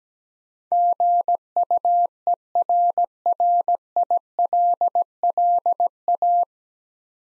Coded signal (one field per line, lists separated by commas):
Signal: Morse code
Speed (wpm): 17 wpm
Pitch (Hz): 700 Hz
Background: none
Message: GUERRILLA